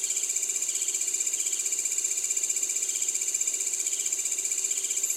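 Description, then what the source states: Frog calling with short pulsed bursts repeated in a steady rhythm, over a constant high-pitched insect hum. Recorded in the evening of 18 December 2020.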